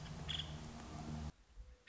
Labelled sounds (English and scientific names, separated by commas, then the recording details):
Nuttall's Woodpecker (Dryobates nuttallii)
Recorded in Sonoma County, California